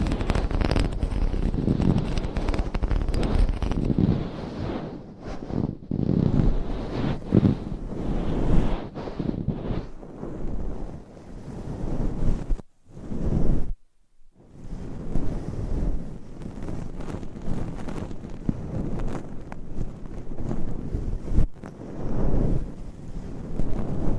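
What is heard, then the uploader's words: Muffled microphone scratching and brushing, a dense low rumbling rub that swells and fades continuously, dropping briefly to silence around thirteen and fourteen seconds. ASMR Mic Scratching - Brain Scratching & Brushing Hypnotic Asmr No Talking.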